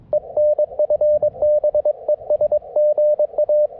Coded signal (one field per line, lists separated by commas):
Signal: Morse code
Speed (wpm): 23 wpm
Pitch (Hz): 600 Hz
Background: none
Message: EN FB ES GA